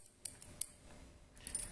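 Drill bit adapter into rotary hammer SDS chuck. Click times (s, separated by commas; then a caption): 0.3 s, 0.6 s. A drill bit adapter is pushed into the SDS chuck of a cordless rotary hammer with the collar pulled back, then released. It locks in with sharp metal clicks at 0.3 s and 0.6 s. Lighter metallic rattles follow near 1.5 s, and the adapter is seated.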